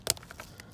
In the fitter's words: throw the other part down until they click